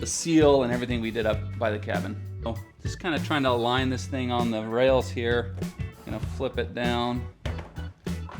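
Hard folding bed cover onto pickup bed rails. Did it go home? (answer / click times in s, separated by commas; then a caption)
no / none. Someone talks over background music while lining up a Rough Country hard tri-fold flip-up bed cover on the pickup bed rails, near the seal by the cab, and getting ready to flip it down. Two short, faint knocks sound near the end. The cover is still being handled, and nothing has clicked into place on the rails yet.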